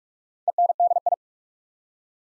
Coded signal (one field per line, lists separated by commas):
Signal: Morse code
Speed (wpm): 44 wpm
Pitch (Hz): 700 Hz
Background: none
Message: ENDI